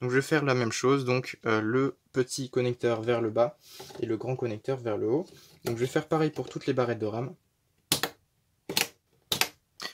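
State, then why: Seated. Someone talks while the remaining RAM sticks are pushed one after another into the motherboard DIMM slots, with the small connector side down and the large connector side up. Three sharp clicks follow at 7.9, 8.7 and 9.3 seconds as each stick snaps in. All four memory sticks end up fixed and properly clipped in.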